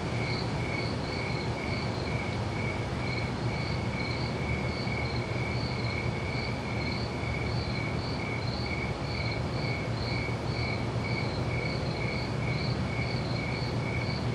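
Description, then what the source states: Crickets chirp in an unbroken regular series of short pulses, backed by constant hissing noise and a low hum. Crickets recorded at night.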